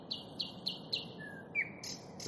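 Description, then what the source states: Nightingale song: four evenly spaced repeated high notes, then a drawn-out whistle and harsh ending notes over steady background noise. Nightingale song recorded in May 2021.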